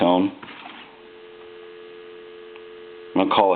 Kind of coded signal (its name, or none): telephone call progress tone